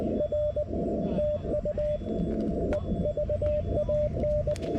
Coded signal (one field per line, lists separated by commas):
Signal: Morse code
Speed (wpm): 18 wpm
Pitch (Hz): 590 Hz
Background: radio noise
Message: R TU EVAN